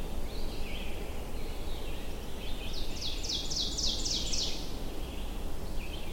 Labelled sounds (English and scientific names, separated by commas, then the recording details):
Ovenbird (Seiurus aurocapilla) song
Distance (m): 50 m
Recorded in boreal forest in Alberta, Canada, on 22 June 2016 at 07:55
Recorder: SongMeter 3, array SBT-6-76
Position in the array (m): 156 m, 117 m
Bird 3